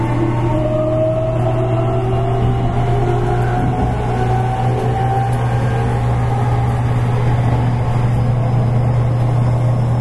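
A running 813-series electric train on a rapid service, recorded aboard. A steady low hum with a strong droning band holds throughout, while gliding motor tones rise slowly in pitch across the ten seconds over constant rumbling noise.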